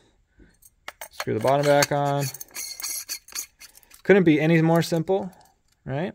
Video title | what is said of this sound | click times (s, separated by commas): DV6-V3 ROTJ installed N-pixel proffie saber instructions 1/23/23 vader Korbanth | There's actually kind of a flat spot there. So, locks into place. | 0.9 s